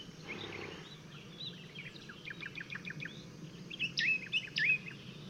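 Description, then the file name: Eurasian blackcap: scattered short chirps, then a few louder curved whistled notes near the end, over steady low background noise. "Sylvia atricapilla"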